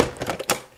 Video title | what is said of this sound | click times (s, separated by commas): Fall Harvest Apple Salad | it just pops right in there when you do it the right way but this is a | 0.5 s